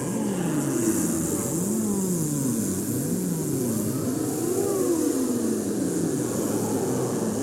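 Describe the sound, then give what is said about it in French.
An amateur choir doing a vocal exercise sustains a buzzing "z" for several seconds, voices gliding slowly up and down in pitch in wavering arcs, steady and fairly loud with a hissy edge, and no talking. “Passez sur Z.”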